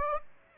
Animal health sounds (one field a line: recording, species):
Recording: mosquito wingbeat signal from an infrared sensor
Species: Aedes aegypti